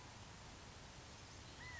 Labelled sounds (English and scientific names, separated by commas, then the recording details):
California Quail (Callipepla californica)
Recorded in Sonoma County, California